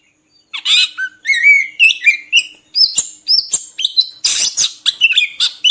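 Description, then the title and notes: Oriental magpie-robin song opening with rising whistles, then a fast mix of sweet whistled notes, squeaks and scratchy chatters. Long-duration 'isian' (fill-in) song material of kacer, meant to get birds singing constantly ('gacor') by day and night. "Kacer Jadi Gacor Siang Malam. Isian Kacer Durasi Panjang"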